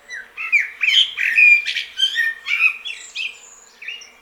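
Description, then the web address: Eurasian blackbird giving a dense run of rough, squeaky warbled notes, fading toward the end. "SETE data Turdus merula"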